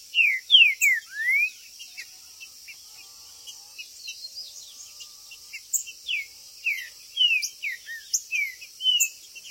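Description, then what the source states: Green-winged saltator song: a phrase of falling whistles ending in a rising slur, then many short scattered chirps and notes over a continuous high hiss. Singing, chirping and territorial male calling (macheando) in a singing contest (disputa).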